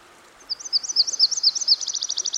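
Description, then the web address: Myrtle warbler song: a high, sweet trill of slurred notes, then speeding into a faster run of rapid notes, over a soft background hiss. By a stream. "Dan Gibson Songbirds By The Stream. Myrtle Warbler"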